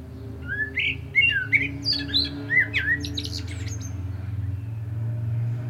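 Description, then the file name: Common blackbird song of fluty whistles and squeaky high notes for about three seconds, with a loud steady low hum running throughout. "Turdus merula"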